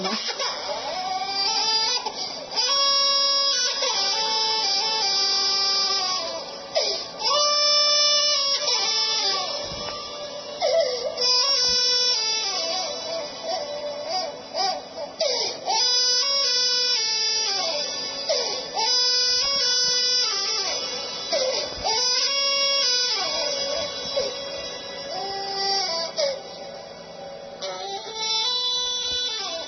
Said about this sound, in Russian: Послушайте, пожалуйста, как плачет ребенок, на самом деле молится.